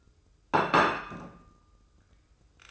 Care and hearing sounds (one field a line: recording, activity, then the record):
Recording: daily activity, microphone in the room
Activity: place plate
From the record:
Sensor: 2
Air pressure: 995.0 hPa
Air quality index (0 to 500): 61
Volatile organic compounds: 2 ppm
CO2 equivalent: 1017 ppm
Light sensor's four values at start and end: 13/44/17/16 and 13/44/17/16